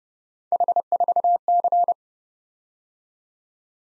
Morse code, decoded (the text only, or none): H4C